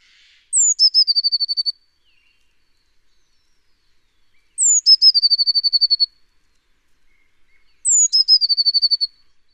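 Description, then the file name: Eurasian blue tit singing three phrases, each a high, sliding introductory note leading into a rapid, tinkling trill, with quiet pauses between. "Cyanistes caeruleus"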